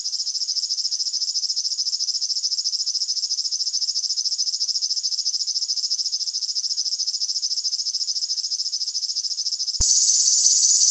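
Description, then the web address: River warbler song: a steady, mechanical buzzing reel of fast pulses, sustained for nearly ten seconds. "HGW birds flodsangare"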